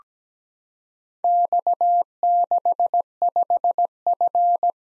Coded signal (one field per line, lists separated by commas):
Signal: Morse code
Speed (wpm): 17 wpm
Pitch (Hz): 700 Hz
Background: none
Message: X65F